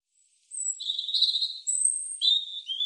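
European robin singing: thin, high whistled notes and tinkling warbles that slide between pitches, in a quick varied phrase against a silent background.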